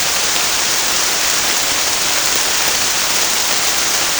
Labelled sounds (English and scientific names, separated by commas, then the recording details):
none
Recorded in dense forest near Puerto Asís, Putumayo, Colombia, on 29 June 2025 at 13:00
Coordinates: 0.481, -76.323
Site G072